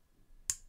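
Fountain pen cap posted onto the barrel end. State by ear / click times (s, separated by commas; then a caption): seated / 0.5 s. The aluminium cap of a LAMY alu fountain pen is posted onto the shiny chrome end piece of the barrel, closing with a single light, sharp click at 0.5 s. The cap then sits rock solid on the barrel end.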